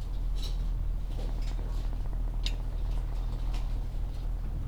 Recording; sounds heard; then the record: poultry house recording; sick chickens (respiratory disease)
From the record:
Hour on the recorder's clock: 16